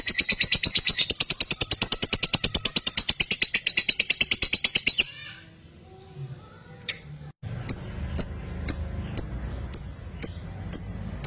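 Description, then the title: Lovebird delivering a rapid, loud buzzy chatter for about five seconds, then a short quiet spell, then sharp high chirps repeated roughly every half second. Lovebird said to be very clever at 'memancing', provoking other birds into calling. "Dari Gayanya Lovebird Ini Terlihat Pintar Sekali Memancing"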